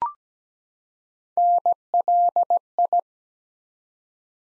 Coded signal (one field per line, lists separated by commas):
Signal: Morse code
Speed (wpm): 17 wpm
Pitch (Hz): 700 Hz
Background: none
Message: NLI